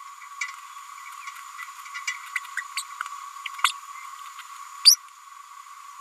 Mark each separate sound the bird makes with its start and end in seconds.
2.35-2.39, 2.56-2.62, 2.76-2.82, 3.64-3.71